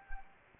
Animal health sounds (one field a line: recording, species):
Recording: mosquito wingbeat signal from an infrared sensor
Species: Anopheles gambiae